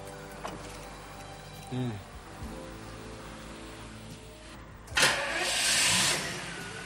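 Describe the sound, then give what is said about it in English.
A car engine hums steadily in a low, even drone, with a few soft mechanical clicks, then a louder rushing swell of noise surges in near the end before easing off. “That's mine. Lovely motorscore. I didn't mean the car.”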